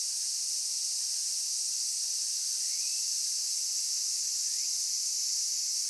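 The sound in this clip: Cicada drone, an even high-pitched sizzling hiss without breaks, with a couple of faint short upward-sliding whistles.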